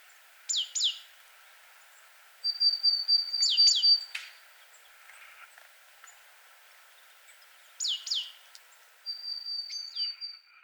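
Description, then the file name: Great tit calls: paired sharp downswept notes from high to mid pitch, with a thin steady whistled note between groups, repeated in bursts over light background noise. "Parus major"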